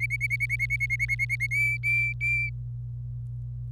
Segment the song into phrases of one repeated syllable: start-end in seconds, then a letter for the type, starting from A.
0.00-1.47 A, 1.51-2.49 B